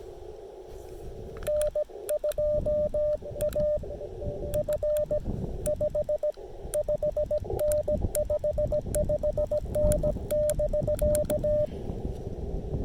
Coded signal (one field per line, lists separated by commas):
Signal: Morse code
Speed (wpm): 17 wpm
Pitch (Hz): 600 Hz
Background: radio noise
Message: N2AF 55N 55N <BK>